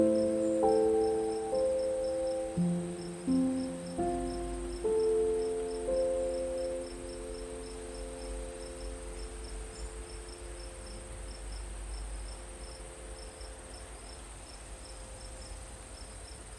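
Soft piano notes open the night scene, a few slow, gentle chords and single tones over the first six seconds, then fade and ring out. Crickets chirp steadily and brightly throughout, with a low, quiet rumble underneath once the piano dies away.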